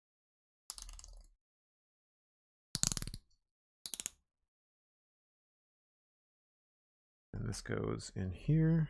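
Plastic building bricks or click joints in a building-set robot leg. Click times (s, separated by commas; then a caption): 2.7 s, 2.8 s, 2.9 s, 3.0 s, 3.9 s, 4.1 s. While building the leg of a LEGO Transformers Soundwave robot figure, plastic bricks or click joints are pressed together, giving a burst of sharp, short clicks at 2.8, 2.8, 2.9, 3.0, 3.9 and 4.1 seconds as the parts seat. Someone then talks.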